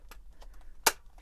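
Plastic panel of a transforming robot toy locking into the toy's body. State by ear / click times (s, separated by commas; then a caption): seated / 0.9 s. A plastic panel on a large transforming robot toy (DX9 Toys D12 Gabriel) is brought down during transformation so its tabs lock into the toy's body. Faint handling ticks come before a sharp plastic snap at 0.9 s as the panel seats and locks into place.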